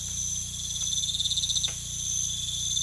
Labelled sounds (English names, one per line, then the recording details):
none
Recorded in pastures near Puerto Asís, Putumayo, Colombia, on 16 December 2024 at 03:30
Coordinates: 0.472, -76.331
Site GP02